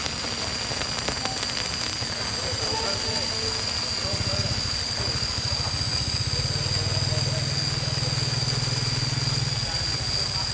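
Strange radio signals hiss and whine with steady high tones, warbling chirps and a low droning rumble, crackling clicks early on.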